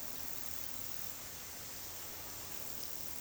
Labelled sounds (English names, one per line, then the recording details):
none
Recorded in pastures near Puerto Asís, Putumayo, Colombia, on 19 February 2024 at 14:00
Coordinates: 0.468, -76.328
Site G6414